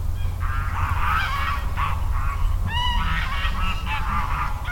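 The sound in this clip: Goose: several geese honk almost continuously, overlapping nasal calls in quick succession, over a low steady rumble.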